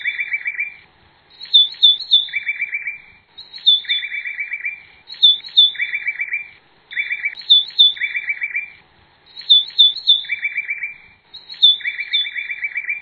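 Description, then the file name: White-breasted wood wren song of bright high whistles and lower rapid trilled notes, phrases following one another steadily with brief gaps, no other sounds. "canto do uirapuru De Peito Branco"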